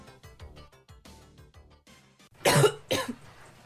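Two short, loud cough bursts after soft background music; an acted cough from an adult woman with a cold that came on out of nowhere, in an office setting.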